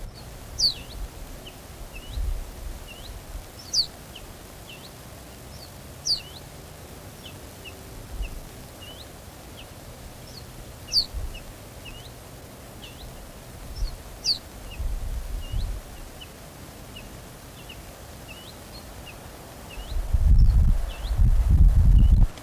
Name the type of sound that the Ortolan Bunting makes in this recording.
begging call